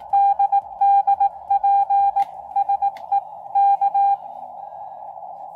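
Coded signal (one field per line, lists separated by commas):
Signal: Morse code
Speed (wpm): 19 wpm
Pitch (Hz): 800 Hz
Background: none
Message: DD PSE K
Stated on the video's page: CW sent by typing and decoded on a Xiegu X6200 transceiver in a demonstration.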